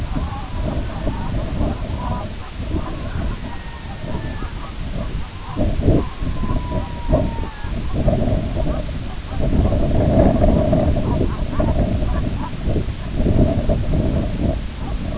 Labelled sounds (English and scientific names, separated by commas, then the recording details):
unidentified sound, White-rumped Sandpiper (Calidris fuscicollis), Red-throated Loon (Gavia stellata)
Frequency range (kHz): Red-throated Loon (Gavia stellata) 0.6-2.5 kHz
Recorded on Arctic tundra, site IGLO-B, on 21 June 2018
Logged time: 07:59